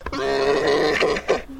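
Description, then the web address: Alpaca mating call: one buzzy, droning groan held for over a second, breaking into a short gurgle and a low hum at the end. Male alpaca; mating call. "Sound Effects-Foundation 1 ANIMAL ALPACA MALE MATING CALL"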